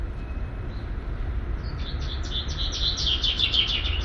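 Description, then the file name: Common chaffinch, a rapid series of short high chirps building in the second half, over steady low rumbling background noise. "Fringilla coelebs"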